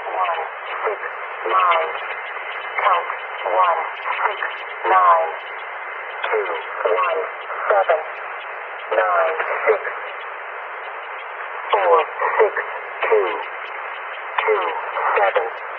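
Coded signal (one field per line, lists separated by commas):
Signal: numbers station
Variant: E05 Cynthia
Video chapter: 10:37 - Agent 114 041507z Jan 1998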